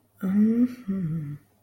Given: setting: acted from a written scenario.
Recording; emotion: vocal sound without words; romantic love